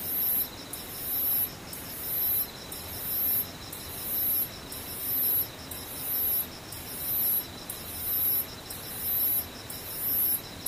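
Insects call steadily. A very high, shrill buzzing trill repeats in regular bursts, roughly one every three-quarters of a second, while a fainter, lower continuous whine runs underneath without pause. The background is otherwise quiet and even.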